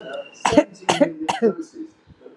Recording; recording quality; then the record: shallow voluntary cough; moderate, slight background noise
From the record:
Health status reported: healthy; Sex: female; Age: 54 years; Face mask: worn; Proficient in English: yes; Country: India